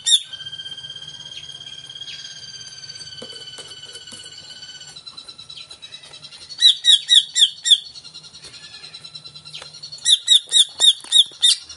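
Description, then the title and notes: Greater green leafbird song: sustained thin high whistled tones with soft chatter, then two series of loud, quick, repeated bright whistled notes. Song of a vigorously singing (gacor) cucak ijo, played as a lure (pancingan) to get a caged bird to sing when hung up (gantang). "Pancingan CUCAK IJO Mau Di Gantang. Cucak Ijo Gacor"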